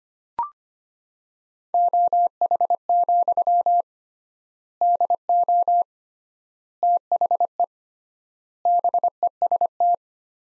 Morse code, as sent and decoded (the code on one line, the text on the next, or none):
--- .... --..-- / -.. --- / - .... . / -... . ... -
OH, DO THE BEST